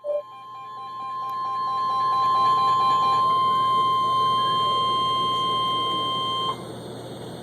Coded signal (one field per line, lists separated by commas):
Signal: Emergency Alert System (SAME) tones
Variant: 1050 Hz attention tone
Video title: Severe Thunderstorm Warning (EAS #335)